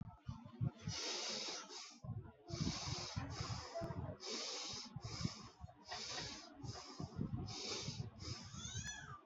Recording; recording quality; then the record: shallow breathing; excellent, no background noise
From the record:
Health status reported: healthy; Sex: male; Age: 32 years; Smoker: no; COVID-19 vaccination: one dose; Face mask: not worn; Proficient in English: yes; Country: India